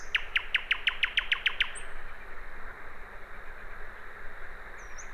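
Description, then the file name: Common nightingale giving about nine loud, evenly spaced staccato notes in quick succession, followed by faint thin whistles amid background hiss. "Luscinia megarhynchos"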